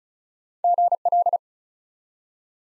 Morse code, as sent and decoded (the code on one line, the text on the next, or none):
--. .-..
GL